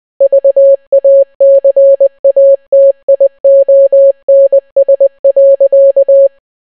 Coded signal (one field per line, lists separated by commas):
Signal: Morse code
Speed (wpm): 20 wpm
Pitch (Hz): 550 Hz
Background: none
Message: VACATIONS.